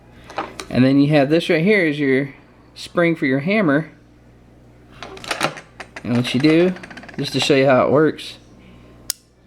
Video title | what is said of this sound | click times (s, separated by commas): Shotgun repair for Hodgie | pull it back you hear that little click and then it fires | 9.1 s